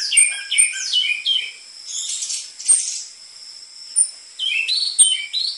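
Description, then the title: Orange-headed thrush song, a busy run of rapid descending chirps and squeaky notes, pausing briefly, then resuming with more scratchy twitters over a constant high tone. Lure recording for training caged birds, with dense filler material used as a model for tutoring spotted-variety orange-headed thrushes; the bird sings actively. "PANCINGAN Anis Merah Gacor Materi Isian Rapat Cocok Untuk MASTERAN Anis Merah TROTOL"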